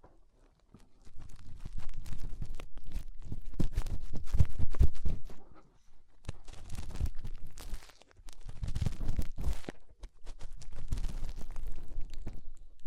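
Fingers rub and scrape inside the ear, making dense bursts of low rumbling and crackling with sharp clicks scattered through. The scratching comes in bouts: one from about 1 to 6 seconds, another from 6 to 8, then more after 8.5 seconds, with brief quiet gaps between.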